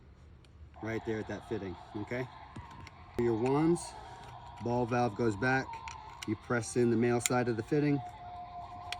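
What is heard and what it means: The male side of a pressure-washer nozzle/wand fitting is pressed into a quick-connect hose coupling with its collar pulled back while someone talks. A single sharp click at 8.9 s marks the fitting snapping home and locking, seated in the coupling.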